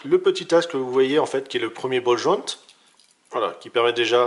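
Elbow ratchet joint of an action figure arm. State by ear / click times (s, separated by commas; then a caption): not seated / none. Someone talks while bending the double elbow ratchet joint on the die-cast/plastic arm of a Super Robot Chogokin Grendizer robot action figure, with a brief quiet gap around 2.6–3.3 s. Nothing has seated or clicked into the first ratchet position yet.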